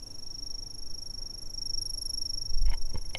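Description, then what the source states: Insect giving a continuous high, even-pitched whine that holds steady throughout, with a low rumble and a few soft clicks near the end. Insect in a tree.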